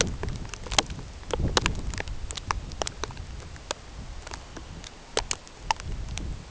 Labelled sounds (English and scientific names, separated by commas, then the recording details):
none
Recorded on Arctic tundra, site CORI-1, on 16 June 2018
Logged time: 18:00